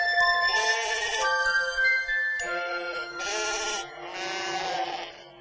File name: Happy Babies Series-Nature - Sheep